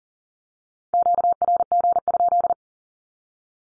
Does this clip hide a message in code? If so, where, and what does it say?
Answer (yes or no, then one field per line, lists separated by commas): yes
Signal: Morse code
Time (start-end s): 0.9-2.5 s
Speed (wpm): 40 wpm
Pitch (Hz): 700 Hz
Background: none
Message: QRG?